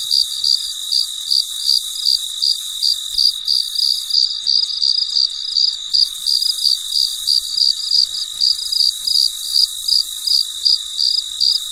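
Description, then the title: Cricket chirping steadily, bright short pulses roughly three per second, layered over a persistent high hum. Recorded late at night; described as very quiet and peaceful. "深夜录制蟋蟀昆虫声"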